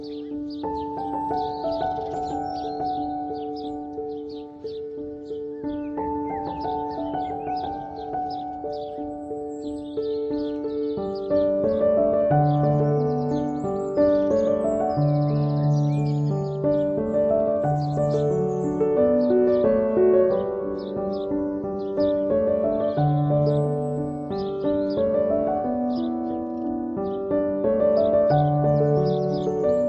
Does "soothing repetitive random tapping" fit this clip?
no